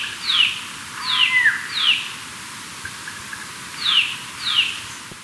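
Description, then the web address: Turquoise jay calling in sharp, downslurred notes that come in short bursts with brief pauses, over a constant background hiss. Recorded in Ecuador. "S America Birds of Ecuador. Turquoise Jay"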